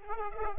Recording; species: mosquito wingbeat signal from an infrared sensor; Culex pipiens